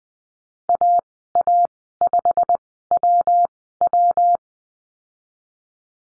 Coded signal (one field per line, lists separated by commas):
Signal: Morse code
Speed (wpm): 19 wpm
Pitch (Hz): 700 Hz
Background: none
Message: AA5WW